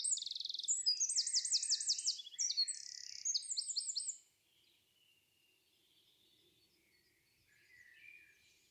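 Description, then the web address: Bird song: rapid buzzy trills and high rippling phrases for about four seconds, then near silence with one faint later note. "cianscape birddata Deverinetal 2025"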